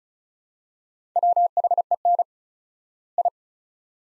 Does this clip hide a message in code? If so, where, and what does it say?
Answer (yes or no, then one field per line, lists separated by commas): yes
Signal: Morse code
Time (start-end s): 1.2-3.3 s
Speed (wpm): 36 wpm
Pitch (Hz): 700 Hz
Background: none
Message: WHEN I